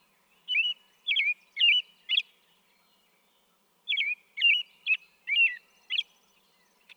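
American robin singing two short phrases of rich, looping whistles separated by a gap of about two seconds.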